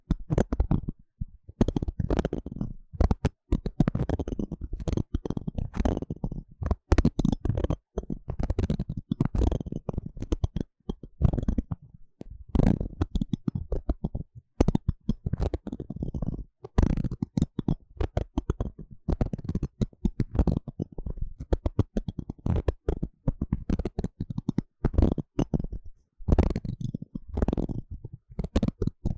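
Dense, irregular scratching and tapping on an eardrum-like surface, rapid crackly bursts with short silent gaps, mostly low and muffled throughout.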